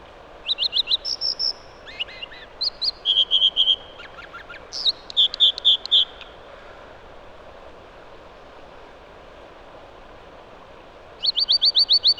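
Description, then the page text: American dipper song: high, bright phrases of rapidly repeated notes, each phrase on a different pitch, sung in bursts and then a pause of several seconds before another trill. Riparian zone. "Riparian Zone American Dipper. Quick Sounds"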